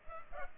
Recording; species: mosquito wingbeat signal from an infrared sensor; Culex pipiens